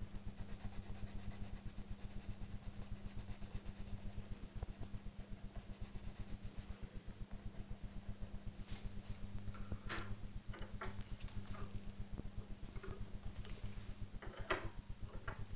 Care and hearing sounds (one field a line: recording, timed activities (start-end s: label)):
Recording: household activities, microphone on the right wrist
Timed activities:
0.00-15.56 s: drawing